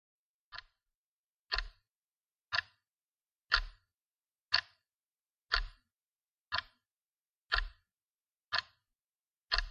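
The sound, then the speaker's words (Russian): A clock in the hall of a silent house ticks steadily, about one sharp, crisp tick per second, ten in all, with silence between each beat and no voices. “Дом погрузился в тишину, нарушаемую лишь мерным тиканьем часов в холле.”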